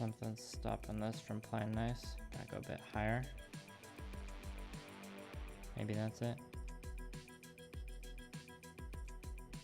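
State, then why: Not seated. A plastic model kit part for an RX-78-2 Gundam (Beyond Global) is handled and repositioned higher against its mating part while music plays and someone talks. Faint handling sounds come through under the music beats, but nothing has seated or clicked yet.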